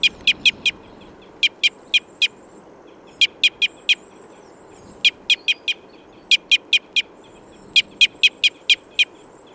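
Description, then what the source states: Red crossbill calls: clipped, metallic chips delivered in tight runs of four to six, with short pauses between runs, against a soft low background hum. Type N call type.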